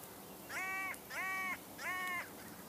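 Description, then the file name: Carrion crow cawing: three harsh, drawn-out caws, each slightly arched in pitch and under half a second long, spaced roughly evenly with quiet gaps between. "Corvus corone"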